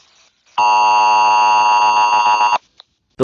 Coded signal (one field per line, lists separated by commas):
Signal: Emergency Alert System (SAME) tones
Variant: 853 and 960 Hz attention tone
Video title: EAS scenario: Selever.exe